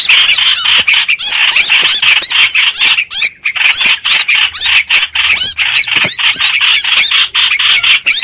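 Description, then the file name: Streak-eared bulbul, insistent scratchy distress notes in quick series, with a short lull near the middle before calling resumes. Distress call used to call the flock together. "Tieng chim trao trao keu cuu goi bay"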